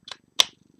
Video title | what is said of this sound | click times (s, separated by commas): LEGO Live Construction : Legends of Chima's Cragger's Command Ship (2/4) [Français] | a fait clic pas un gros C mais ça fait un | 0.4 s